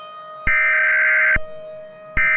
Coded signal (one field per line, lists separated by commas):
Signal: Emergency Alert System (SAME) tones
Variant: header bursts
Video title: Michigan Severe Weather Outbreak (2020) [EAS MOCK]